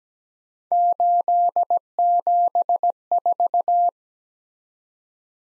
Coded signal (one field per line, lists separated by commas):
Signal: Morse code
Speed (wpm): 17 wpm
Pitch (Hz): 700 Hz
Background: none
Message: 874